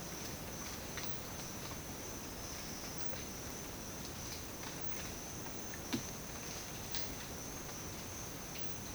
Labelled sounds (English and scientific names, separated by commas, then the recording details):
none
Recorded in dense forest near Puerto Asís, Putumayo, Colombia, on 24 March 2025 at 07:00
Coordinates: 0.481, -76.323
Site G088